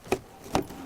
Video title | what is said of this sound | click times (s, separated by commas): Craftalong with Hayley & John - Hochanda Home of Crafts Arts & Hobbies | and you'll actually see there's a little arm there that will kind of lock it in place. You'll almost hear it click, and | 0.6 s